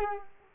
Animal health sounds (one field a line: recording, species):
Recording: mosquito wingbeat signal from an infrared sensor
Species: Culex quinquefasciatus